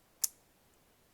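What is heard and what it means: A RAM memory module is placed back into its slot in a Dell laptop and pressed gently down until the retaining clips click. One sharp, bright high-pitched click sounds at 0.2 s and fades quickly into near silence. The module is seated.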